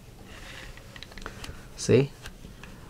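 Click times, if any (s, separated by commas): none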